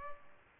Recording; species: mosquito wingbeat signal from an infrared sensor; Culex pipiens